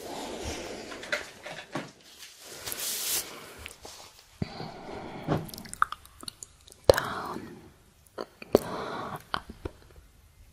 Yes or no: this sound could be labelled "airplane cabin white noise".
no